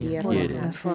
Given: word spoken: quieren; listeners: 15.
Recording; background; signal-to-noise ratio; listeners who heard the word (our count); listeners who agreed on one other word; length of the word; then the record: one Spanish word in noise, from a listening test; four-talker babble; -0.8 dB; 0 of 15; 7 of 15; 0.55 s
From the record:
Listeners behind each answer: 7, 4, 1, 1, 1, 1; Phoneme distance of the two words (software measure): 7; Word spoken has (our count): 2 syllables, 6 phonemes, stress on syllable 1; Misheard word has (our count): 2 syllables, 5 phonemes, stress on syllable 1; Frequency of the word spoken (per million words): 71.84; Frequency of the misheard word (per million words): 221.12